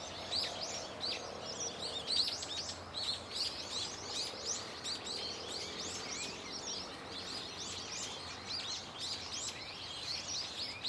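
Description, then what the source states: Birds chirping nonstop in a noisy flock, quick upslurred high notes packed closely, with a soft low drone beneath. Birds calling and singing loudly and continuously from a tetrapod breakwater belt and its trees; recorded with microphone and camera.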